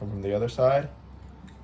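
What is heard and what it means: A plastic shelf-support half-sleeve is brought around from the other side of a metal leg on an AmazonBasics 5-shelf adjustable shelving unit, ready to clip onto the half already in place. Someone talks for most of the clip, followed by quiet handling. Nothing has seated or clicked yet.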